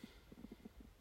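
Quick run of about six soft, low, bubbly gurgles packed into one second, over a faint room hum. This is an adult's stomach growling (borborygmi), the ordinary sound of gas and fluid moving through the gut, here put down to not having had enough water that day. It is harmless.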